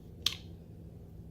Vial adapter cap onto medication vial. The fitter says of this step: press down till I hear a click,